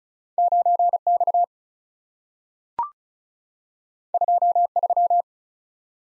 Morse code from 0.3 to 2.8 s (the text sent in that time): 9 X